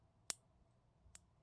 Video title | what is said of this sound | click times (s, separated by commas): Lenovo LOQ 15IRH8 Disassembly RAM SSD Hard Drive Upgrade Battery LCD Screen Replacement Repair | You should feel it click. | 0.3 s